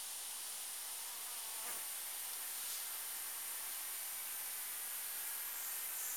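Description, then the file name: New Forest cicada producing a thin, very high, unbroken whining buzz that holds steady throughout, over a constant soft hiss. "montana"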